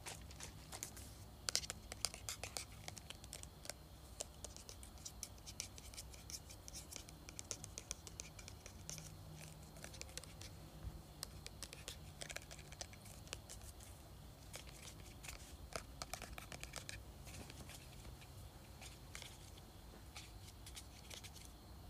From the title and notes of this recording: ASMR Shaking and Spraying Spray Bottle.